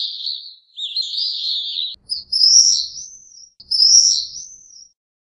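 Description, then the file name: Swift giving three harsh, high, trilling screams, each fading away at the end. "vencejo"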